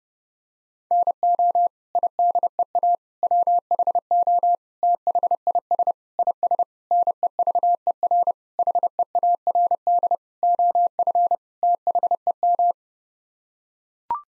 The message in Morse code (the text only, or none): NO IDEA WHO THIS IS NEVER HEARD OF THEM